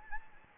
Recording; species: mosquito wingbeat signal from an infrared sensor; Anopheles gambiae